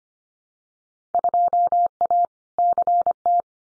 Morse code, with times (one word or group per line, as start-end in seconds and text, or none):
1.1-2.2 2A
2.6-3.4 CT